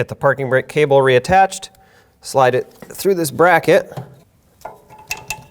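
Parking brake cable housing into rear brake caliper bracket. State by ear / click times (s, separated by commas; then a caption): seated / 5.1 s, 5.3 s. A rear parking brake cable end on a 2014–2019 Toyota Corolla is slid through the rear brake caliper bracket and pushed in until it locks. Someone talks first, then after a soft knock at 4.7 s two sharp clicks are heard at 5.1 s and 5.3 s. The cable housing is seated and locked in the bracket.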